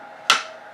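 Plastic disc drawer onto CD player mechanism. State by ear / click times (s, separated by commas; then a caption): seated / 0.3 s. A plastic disc drawer on a Marantz CD-63SE CD player, under repair for not playing or skipping, is pushed back onto its mechanism past a plastic retaining tab. A single sharp, loud click at 0.3 s rises out of a low steady background and decays quickly. The drawer is seated.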